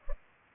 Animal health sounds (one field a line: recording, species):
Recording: mosquito wingbeat signal from an infrared sensor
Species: Culex pipiens